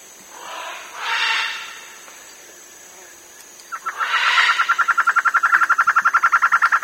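Bird calls: two harsh, breathy bursts, a pause, then a rapid steady trill of repeated mid-pitched notes running to the end.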